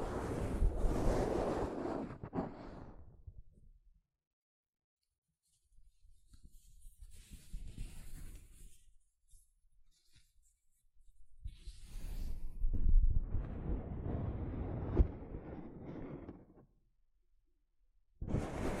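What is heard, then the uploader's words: Soft fabric brushes against a microphone in separate swishing passes, each a few seconds long, around 0–3, 6–9 and 12–16 seconds, with another starting at the end. The rubbing is low and whooshing, like wind or surf, with stretches of silence in between. ASMR Mic Brushing using Soft Fabric (No Talking).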